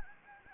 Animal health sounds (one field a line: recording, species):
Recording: mosquito wingbeat signal from an infrared sensor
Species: Anopheles gambiae